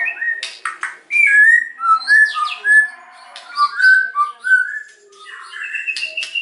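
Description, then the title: White-rumped shama song of fluty whistled notes, some sliding upward, mixed with sharp ticks and a few higher thin phrases. Lure song (pancingan) of a very vocal white-rumped shama, meant to provoke an immediate response. "PANCINGAN MEWAH MURAI BATU GACORSEKALI DENGAR AMPUH LANGSUNG RESPON"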